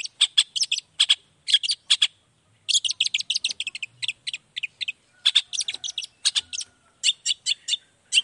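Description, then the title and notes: Long-tailed shrike song: dense bursts of sharp, chattering notes delivered in rapid clusters, with brief gaps between runs throughout. Indonesian cendet in full 'gacor' song in the morning, 'toet toet' sound variation, played to make other shrikes quickly respond and answer. "Cendet Gacor Dor Di Kala Pagi Toet Toet Variasi Suara J. Cendet Gacor Langsung Nyaut Emosi Hanya dengan Sekali Putar Bikin Cendet Lainya Cepat Respon Bunyi. Burung cendet"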